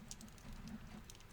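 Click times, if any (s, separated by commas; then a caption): none. An L-shaped nano weapon cannon piece from the 2019 S.H.Figuarts Avengers: Endgame Iron Man Mk50 Nano Weapon Set 2 is lined up and pushed onto the plastic arm of the action figure. Soft plastic handling and rubbing are heard, with brief light ticks near 0.1 s and 1.1 s. Nothing has seated or clicked into place yet.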